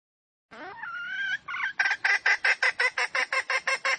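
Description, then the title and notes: Junglefowl hen, a soft rising whine and harmonic note, then a steady rapid series of clucks. Female junglefowl; recording used as a lure to attract wild junglefowl. "Pancingan Ayam Hutan Betina. Suara Ayam Hutan Betina. Pemikat Ayam Hutan"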